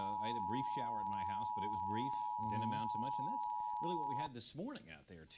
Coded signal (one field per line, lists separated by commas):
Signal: Emergency Alert System (SAME) tones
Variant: 853 and 960 Hz attention tone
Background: speech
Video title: EAS: Pennsylvania Required Monthly Tests (5/16/19) (EAS #33-36)